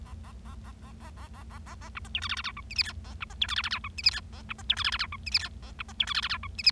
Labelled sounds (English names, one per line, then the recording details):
Bengalese Finch song
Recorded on 25 March 2012 at 19:45
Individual gy6or6